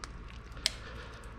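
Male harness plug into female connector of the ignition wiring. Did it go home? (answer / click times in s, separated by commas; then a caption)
yes / 0.7 s. The male plug of an ignition-controller wiring harness is pushed into the female connector on an LS engine car, with soft handling noise and small taps near 0.0 s and 0.3 s. A sharp, loud click at 0.7 s marks the connector seating.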